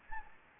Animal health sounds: mosquito wingbeat signal from an infrared sensor; Anopheles gambiae

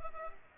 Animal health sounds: mosquito wingbeat signal from an infrared sensor; Culex pipiens

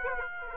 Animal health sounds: mosquito wingbeat signal from an infrared sensor; Aedes aegypti

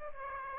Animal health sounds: mosquito wingbeat signal from an infrared sensor; Aedes aegypti

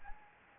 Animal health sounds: mosquito wingbeat signal from an infrared sensor; Anopheles arabiensis

